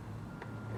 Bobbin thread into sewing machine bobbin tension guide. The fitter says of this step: through our first tension guide, listen for the click,